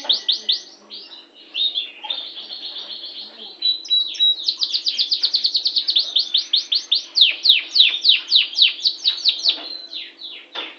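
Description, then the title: Yorkshire canary song: rapid trills of high, downward-sweeping notes, ending in a run of loud, evenly spaced chirps; faint low hum beneath. Described as gacor (singing vigorously and continuously). "Kenari Yorkshire FOI 2013 Gacor. HnR Kenari Sby."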